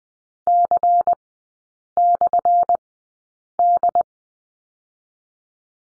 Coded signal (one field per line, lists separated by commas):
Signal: Morse code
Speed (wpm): 20 wpm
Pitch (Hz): 700 Hz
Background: none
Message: C/D